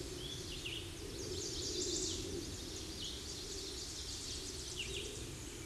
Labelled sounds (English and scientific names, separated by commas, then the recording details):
Red-eyed Vireo (Vireo olivaceus) song
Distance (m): 25 m
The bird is about 5 m above the microphone
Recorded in a Pennsylvania forest on 16 May 2024 at 09:00
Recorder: AudioMoth, point MSD-2376
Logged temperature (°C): 16.7 °C
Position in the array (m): 149 m, 26 m